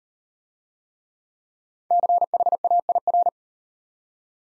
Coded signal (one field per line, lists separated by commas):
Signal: Morse code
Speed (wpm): 39 wpm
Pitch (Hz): 700 Hz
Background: none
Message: CHAIR